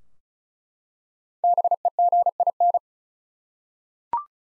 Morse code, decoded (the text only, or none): BEGIN